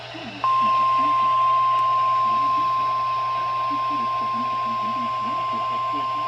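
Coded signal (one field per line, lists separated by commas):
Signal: Emergency Alert System (SAME) tones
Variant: 1050 Hz attention tone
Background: speech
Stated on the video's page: Required Weekly Tests from three NOAA weather radio stations.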